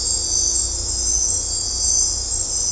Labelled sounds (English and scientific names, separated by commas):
none